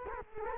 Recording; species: mosquito wingbeat signal from an infrared sensor; Culex quinquefasciatus